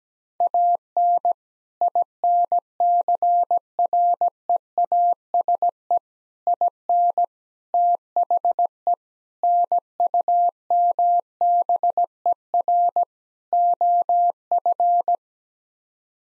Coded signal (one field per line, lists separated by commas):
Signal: Morse code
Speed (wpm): 17 wpm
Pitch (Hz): 700 Hz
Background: none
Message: AN INCREASE IN THE NUMBER OF